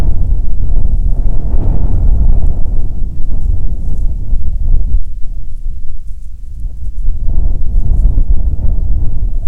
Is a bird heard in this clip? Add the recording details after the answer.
no. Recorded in the Prudhoe Bay oil fields, Alaska, on 7 August 2019 at 14:36. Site 17